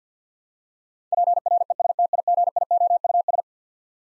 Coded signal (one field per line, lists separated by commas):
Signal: Morse code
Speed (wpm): 49 wpm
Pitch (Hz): 700 Hz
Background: none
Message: PRESTIGIOUS